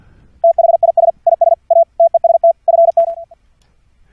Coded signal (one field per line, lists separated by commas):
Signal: Morse code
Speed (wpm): 48 wpm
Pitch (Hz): 670 Hz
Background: none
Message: THIS IS A TEST FT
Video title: Morse Code QSO over the internet - software setup - config 7 - Jackrouter ( sidetone )